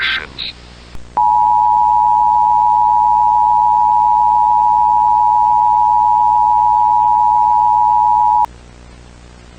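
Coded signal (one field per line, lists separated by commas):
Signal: Emergency Alert System (SAME) tones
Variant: 853 and 960 Hz attention tone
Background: speech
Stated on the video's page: Fictional EAS scenario, simulated analog horror alert about ducks.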